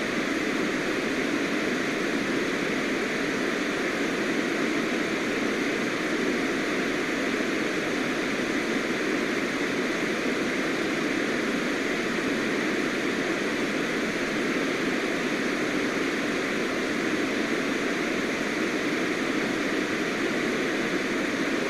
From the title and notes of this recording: White Noise for 1 Hour. White noise is a mixture of all frequencies of sound audible to the human ear.